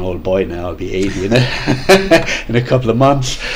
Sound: laughs